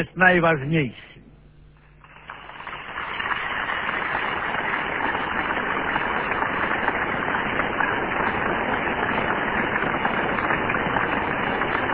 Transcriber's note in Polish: długie oklaski